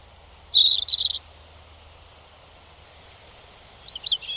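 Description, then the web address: European robin: a thin, very high whistle, then a quick, bright warbled phrase, and after a pause a short twittering end; faint low hum. "Deverinetal 2025 File origin Bird Only Er Ru"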